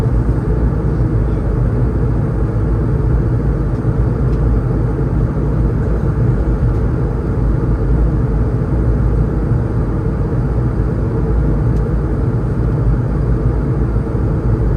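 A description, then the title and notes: A steady, dense roar of jet engines fills the cabin, heavy in the low end and unchanging in level throughout. A faint thin whine sits high above the rumble, with a couple of soft ticks near four and twelve seconds. Airbus A220 London Heathrow to Düsseldorf (airBaltic).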